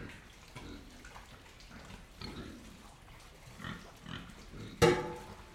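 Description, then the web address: Pigs grunting softly and repeatedly, then one sharp, loud sound near the end. Three pigs in wet mud, feeding and drinking with slow activity, recorded inside a shed. "three animals pigs in wet mud feeding drinking slow activity internal shed"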